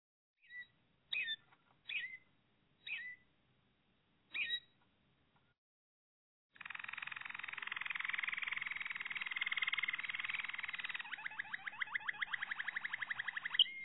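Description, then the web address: Canary (Malinois Waterslager): canary gives a few separate short chirps, falls quiet, then launches into a long, continuous rolling trill that breaks into pulsed notes near the end. Malinois (Waterslager) breed of domestic canary, song. "~joaopt canarios racas canto malinoiss"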